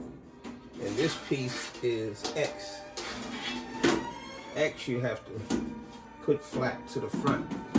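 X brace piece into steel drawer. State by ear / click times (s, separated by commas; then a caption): not seated / none. An X brace piece is being handled to go into a steel drawer, laid flat to the front, while someone talks over background music. Two brief bumps are heard near 3.0 and 7.8 seconds. Nothing has seated or clicked yet.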